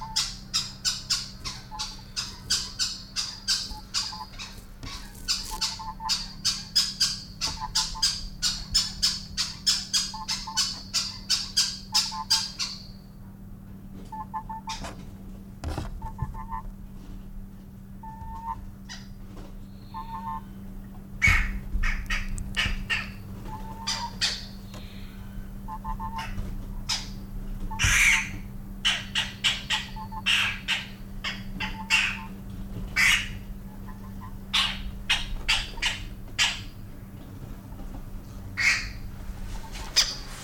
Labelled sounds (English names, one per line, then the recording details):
Western Cattle Egret call
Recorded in captivity
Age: juvenile
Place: Tiergarten Nürnberg, Bayern, DE
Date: 1995-09-08
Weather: sonnig, ca. 11°C
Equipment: Nagra SN, Sennheiser ME 80, Kopie Uher 4000 Report Monitor
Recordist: Tembrock, Günter